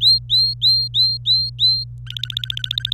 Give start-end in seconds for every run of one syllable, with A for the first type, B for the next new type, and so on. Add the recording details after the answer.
0.01-1.84 A, 2.06-2.94 B. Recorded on 25 April 2018 at 17:29. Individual llb3